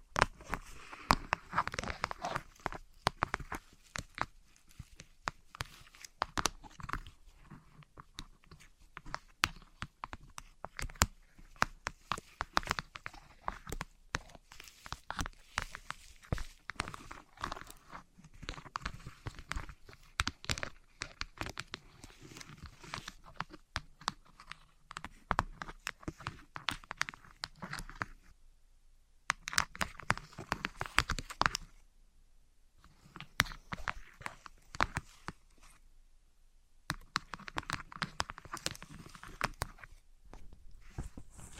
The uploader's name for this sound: Wood vs Cork, Sponge vs Foam, Glass vs Plastic